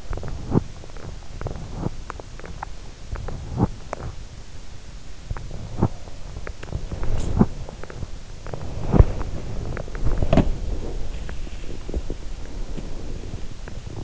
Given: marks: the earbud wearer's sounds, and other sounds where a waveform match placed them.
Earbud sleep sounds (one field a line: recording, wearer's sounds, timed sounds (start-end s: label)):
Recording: sounds in sleep by an in-ear microphone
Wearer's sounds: teeth grinding, breath, body movement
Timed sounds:
0.00-0.78 s: teeth grinding
1.33-2.70 s: teeth grinding
3.20-4.11 s: teeth grinding
5.21-6.04 s: teeth grinding
6.75-7.61 s: breath
6.92-7.61 s: teeth grinding
8.44-9.39 s: teeth grinding
8.60-9.77 s: breath
9.84-10.86 s: teeth grinding
9.84-10.95 s: breath
10.95-13.52 s: body movement